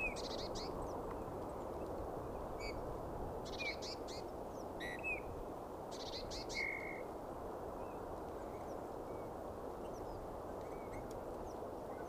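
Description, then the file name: Eurasian bullfinch calls: a few soft, short whistled notes, one clear flat piping note near the middle, with other small chirps over a steady low rushing background. "Pyrrhula pyrrhula"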